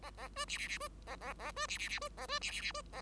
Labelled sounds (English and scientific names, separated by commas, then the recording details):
Bengalese Finch (Lonchura striata domestica) song
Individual Bird5